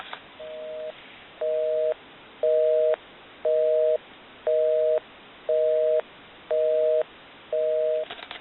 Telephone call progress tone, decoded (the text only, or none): busy tone